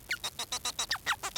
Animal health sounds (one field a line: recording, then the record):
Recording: song of a male Bengalese finch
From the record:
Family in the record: son of father 4